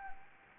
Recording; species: mosquito wingbeat signal from an infrared sensor; Anopheles arabiensis